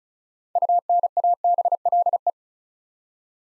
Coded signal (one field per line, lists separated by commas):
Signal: Morse code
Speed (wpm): 34 wpm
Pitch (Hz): 700 Hz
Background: none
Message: UNABLE